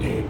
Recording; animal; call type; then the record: contact call of a hoofed animal; pig; closed-mouth grunt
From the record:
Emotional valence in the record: negative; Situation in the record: short social isolation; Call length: 0.29 s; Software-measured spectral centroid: 1810 Hz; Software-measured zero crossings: 910 a second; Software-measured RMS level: -24 dBFS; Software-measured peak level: -13 dBFS